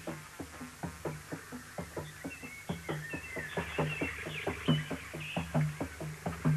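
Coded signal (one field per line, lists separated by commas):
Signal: drum signal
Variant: garamut slit drums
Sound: rapid, steady, hollow low drum beats, two drums interlocking, with birds chirping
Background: birdsong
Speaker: Desde el interior del piso superior de esta casa Tambarán, piso al que solo tienen acceso los que han pasado por la ceremonia de la iniciación, las voces de 2 tambores garamut están convocando asamblea.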